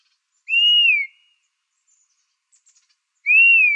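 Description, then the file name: Dusky-capped flycatcher calling twice, each a clear, mournful whistle that arches and then drops, nearly three seconds apart, with faint soft ticks in between. Arizona, 15 July 2006. "DCFL 2 deviche"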